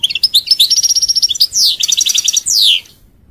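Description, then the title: European goldfinch song, quick rhythmic twittering notes interspersed with drawn-out descending buzzy notes, ending abruptly. "Chant Chardonneret"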